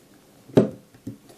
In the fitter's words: to lock it in place